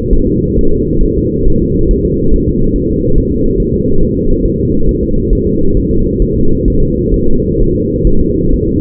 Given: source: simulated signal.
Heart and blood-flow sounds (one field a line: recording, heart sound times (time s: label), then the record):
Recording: fetal heart sounds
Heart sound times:
0.13 s: S1
0.28 s: S2
0.59 s: S1
0.73 s: S2
1.03 s: S1
1.17 s: S2
1.48 s: S1
1.62 s: S2
1.91 s: S1
2.05 s: S2
2.34 s: S1
2.48 s: S2
2.76 s: S1
2.90 s: S2
3.18 s: S1
3.32 s: S2
3.60 s: S1
3.74 s: S2
4.03 s: S1
4.17 s: S2
4.45 s: S1
4.60 s: S2
4.89 s: S1
5.03 s: S2
5.33 s: S1
5.47 s: S2
5.77 s: S1
5.91 s: S2
6.22 s: S1
6.36 s: S2
6.68 s: S1
6.82 s: S2
7.14 s: S1
7.28 s: S2
7.61 s: S1
7.75 s: S2
8.07 s: S1
8.21 s: S2
8.53 s: S1
8.68 s: S2
From the record:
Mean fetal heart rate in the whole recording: 135 bpm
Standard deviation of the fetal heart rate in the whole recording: 3 bpm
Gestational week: 36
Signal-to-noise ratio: -17.7 dB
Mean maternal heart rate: 72 bpm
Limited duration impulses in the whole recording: present